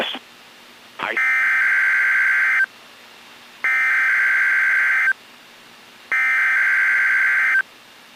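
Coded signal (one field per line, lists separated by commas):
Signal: Emergency Alert System (SAME) tones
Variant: header bursts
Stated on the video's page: NOAA Weather Radio Required Weekly Test, audio recorded directly from the weather radio via aux cord.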